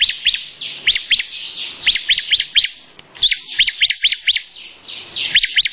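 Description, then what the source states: Lovebird song of sharp, squeaky high notes in short clusters separated by small pauses. Long "ngekek panjang" song style.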